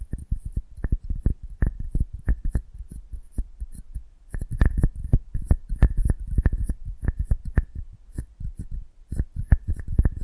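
Close-up ASMR mic treatment: dense, irregular soft taps and brushing bursts with low thumps and occasional light clinks, continuing throughout.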